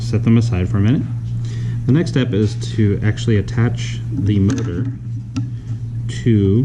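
Someone talks while handling a motor that is about to be pressed into the hole of a 3D-printed plastic stand, with a steady low hum underneath and one brief sharp tick at about 5.4 s. Nothing has seated or clicked yet; the clip ends before the motor goes home in the stand.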